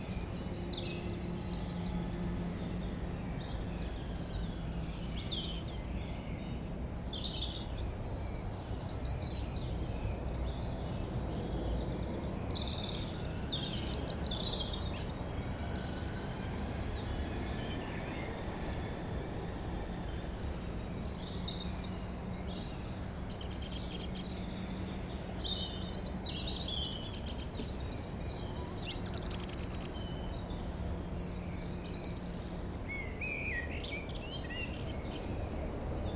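Outdoors by a village church, birds chirp and tweet steadily above a constant low rumble of traffic and a faint drone.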